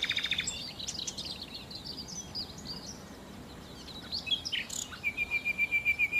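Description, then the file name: Common nightingale singing a varied, jumbled phrase of quick high notes, ending in a steady series of clear whistled notes repeated several times a second. "Nachtigall"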